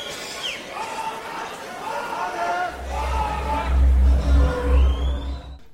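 A man yells a band's name over a noisy concert crowd, his shouts rising above the steady roar and chatter, while a deep rumbling drone swells in the second half.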